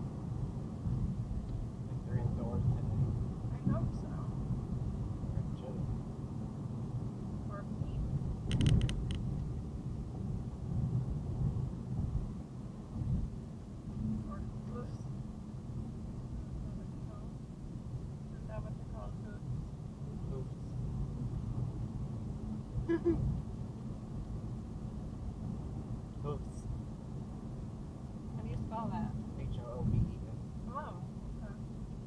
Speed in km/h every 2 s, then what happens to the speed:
76, 74, 72, 68, 64, 68, 69, 69, 61, 61, 66, 72, 76, 72, 68, 64.
3-7 slows to 64. 7-14 steady at about 68. 14-16 brakes to 61. 18-23 speeds up to 76. 23-32 slows to 64.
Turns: none.